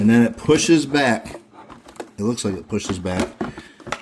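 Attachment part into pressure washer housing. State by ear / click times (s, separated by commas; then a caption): seated / 3.9 s. An attachment part is pushed back into the housing of a Sunjoe SPX3000 13A electric pressure washer while someone talks. A few faint taps come around 1.7–2.0 seconds, then a sharp hit at 3.9 seconds as the part locks into place.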